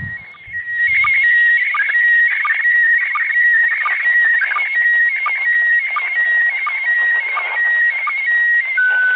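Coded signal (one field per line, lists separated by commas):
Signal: SSTV (slow-scan television)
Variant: PD 90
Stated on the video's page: Heroes' Day SSTV transmission received at grid OI52eg.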